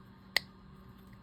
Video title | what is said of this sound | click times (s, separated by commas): Olympic 40 HM Auto -- Service and Lubrication -- Young Martin's Reels | And it should snap into place, which it does. | 0.4 s